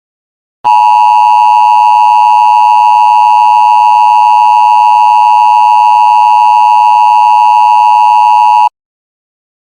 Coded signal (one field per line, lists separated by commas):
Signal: Emergency Alert System (SAME) tones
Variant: 853 and 960 Hz attention tone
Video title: EAS Scanerio - Bandu and Expunged Part 1